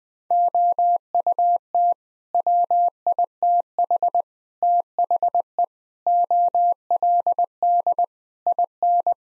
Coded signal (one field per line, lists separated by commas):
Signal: Morse code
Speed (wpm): 19 wpm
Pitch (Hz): 700 Hz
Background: none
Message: OUT WITH THE OLD IN